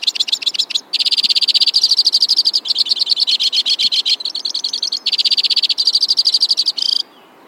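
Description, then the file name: White-winged crossbill song as a long chain of dry rattling trills, each switching rate and pitch, running about seven seconds before stopping abruptly. "suara-kicauan-burung-white-winged-crossbill 3-omkicau"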